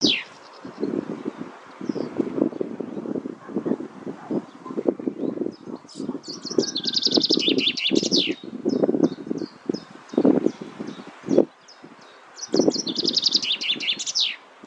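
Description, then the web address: Common chaffinch giving two songs, each a falling trill ending in a flourish, with scattered high notes between them and heavy low rumbling noise throughout. "Deverinetal 2025"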